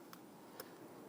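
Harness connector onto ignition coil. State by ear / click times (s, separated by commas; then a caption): not seated / none. A plastic wiring harness connector is handled at a new ignition coil on a 2011–2021 Jeep Grand Cherokee 3.6L V6 before being pressed on. Two brief, faint ticks sound at about 0.1 and 0.6 seconds over a quiet background. The connector has not clicked in or seated yet.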